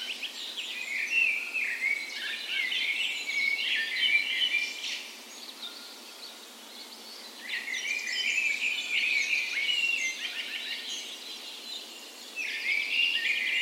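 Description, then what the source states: Dawn chorus birds, dense bursts of chattering and warbled song from several birds, pausing briefly midway before resuming. Dawn chorus in a park west in Bergen, Norway; morning of 17 May, Norway's National Day, spring; recorded on Sony PCM A10 with LOM Micro Usi mics as tree ears.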